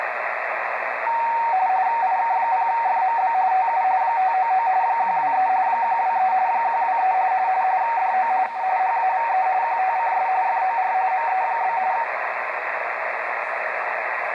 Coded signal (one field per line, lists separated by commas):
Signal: RTTY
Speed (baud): 45.45 baud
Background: radio noise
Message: IK0FMB TU 599 123 123 123 DO U HAVE QTCS FOR ME?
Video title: Xiegu X5105 decoding RTTY during WAE RTTY contest November 2019